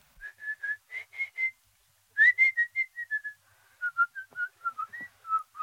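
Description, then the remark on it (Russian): Someone whistles a tune alone, a string of short, clear, high notes in two phrases separated by a brief pause, the second phrase drifting gradually downward in pitch. “Кто хочет свистать, тот может для этого на конюшню идти.”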